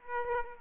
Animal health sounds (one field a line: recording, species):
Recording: mosquito wingbeat signal from an infrared sensor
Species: Aedes aegypti